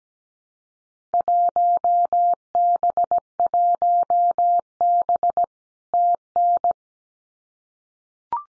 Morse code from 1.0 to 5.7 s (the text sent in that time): 1B1B